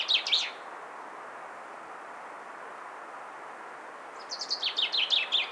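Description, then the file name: Common chaffinch song: the end of one phrase, then a few seconds of steady low rumble, then a new run of quick descending notes. "Fringilla coelebs"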